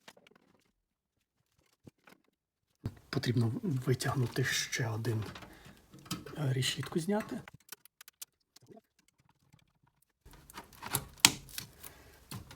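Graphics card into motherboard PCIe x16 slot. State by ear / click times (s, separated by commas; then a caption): seated / 11.2 s. A graphics card is pushed into a motherboard PCIe x16 slot after a case slot cover is removed. Someone talks, then small handling taps and scrapes lead up to a sharp latch click at 11.2 s as the card seats in the slot.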